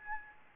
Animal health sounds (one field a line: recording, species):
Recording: mosquito wingbeat signal from an infrared sensor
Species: Aedes albopictus